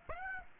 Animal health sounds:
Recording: mosquito wingbeat signal from an infrared sensor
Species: Aedes aegypti

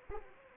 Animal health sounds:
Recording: mosquito wingbeat signal from an infrared sensor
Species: Anopheles arabiensis

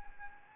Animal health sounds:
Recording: mosquito wingbeat signal from an infrared sensor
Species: Anopheles arabiensis

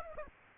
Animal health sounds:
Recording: mosquito wingbeat signal from an infrared sensor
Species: Aedes aegypti

